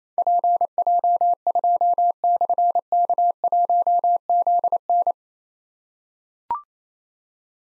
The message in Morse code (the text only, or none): PJ2/K1ZN